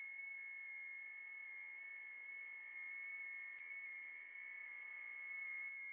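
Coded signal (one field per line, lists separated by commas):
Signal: FT8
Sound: several soft overlapping steady tones, slowly shifting pitch, over hiss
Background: radio static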